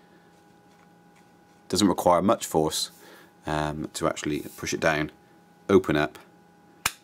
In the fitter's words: and snap in place. As you can see, the teeth lock together when it's fully open.